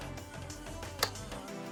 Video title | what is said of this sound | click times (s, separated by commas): Tikom L9000 LiDAR 4000Pa Robot Vacuum & Mop Tested 🟡 Gadgetify | just make sure that you actually hear the click sound | 1.0 s